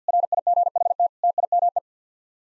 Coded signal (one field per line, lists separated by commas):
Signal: Morse code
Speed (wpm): 50 wpm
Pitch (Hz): 700 Hz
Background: none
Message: RIGHT TIME